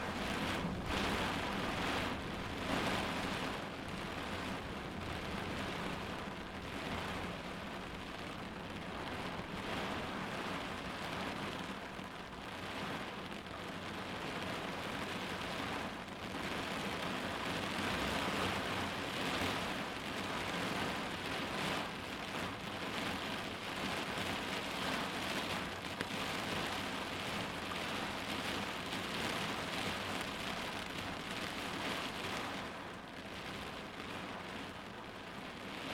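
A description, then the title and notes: Rain drums steadily on a car during a storm, a dense constant patter with a low rumble underneath and little change throughout. Storm In Car.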